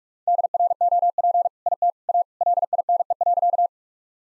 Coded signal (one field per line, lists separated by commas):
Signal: Morse code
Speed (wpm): 46 wpm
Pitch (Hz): 700 Hz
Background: none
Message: DROP IT A LINE.